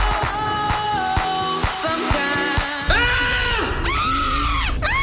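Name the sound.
scream of joy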